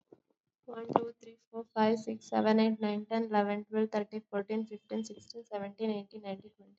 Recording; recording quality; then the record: counting at a fast pace; excellent, no background noise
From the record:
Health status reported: recovered from COVID-19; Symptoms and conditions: cough, cold, fatigue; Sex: female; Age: 20 years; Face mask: worn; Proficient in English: yes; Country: India